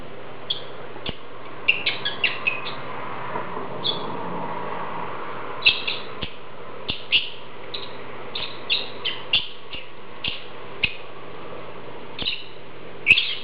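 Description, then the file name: Lovebird calls: short, sharp, squeaky chirps in scattered bursts, sometimes two or three in quick succession, over a steady low hum. "Prostaya fauna Golosa ptic - Nerazluchniki lat Agapornis"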